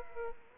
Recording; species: mosquito wingbeat signal from an infrared sensor; Aedes aegypti